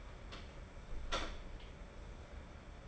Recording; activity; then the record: daily activity, microphone in the room; close door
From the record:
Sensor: 5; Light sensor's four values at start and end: 35/80/32/31 and 35/80/32/31